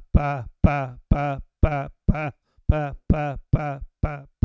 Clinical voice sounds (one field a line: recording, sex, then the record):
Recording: repeated syllable /pa/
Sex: male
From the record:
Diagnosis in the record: Parkinson's disease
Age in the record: 70 years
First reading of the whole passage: 112 s, 4.6 characters per second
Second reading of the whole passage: 107 s, 4.9 characters per second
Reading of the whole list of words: 68 s, 4.1 characters per second